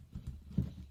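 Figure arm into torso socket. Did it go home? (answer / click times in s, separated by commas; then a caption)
no / none. The plastic right arm of a 2019 Hasbro Marvel Legends Wendigo Build-a-Figure from the X-Force Wave is being pushed toward its torso socket. Only soft, dull handling bumps are heard, around 0.3 s and 0.6 s. Nothing has snapped or seated yet.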